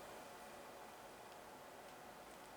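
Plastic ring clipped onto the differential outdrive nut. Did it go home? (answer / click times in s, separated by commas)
no / none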